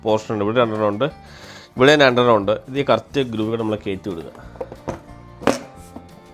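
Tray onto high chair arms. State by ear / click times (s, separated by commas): seated / 5.5 s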